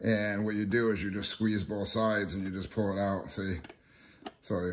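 A clip-retained probe lead connector is handled at the input socket of a Picoscope 4425A Advanced oscilloscope, with its clips squeezed on both sides to pull it out and then pushed toward the socket. Someone talks throughout, with faint small ticks near the end. The connector has not yet seated or clicked in when the clip ends.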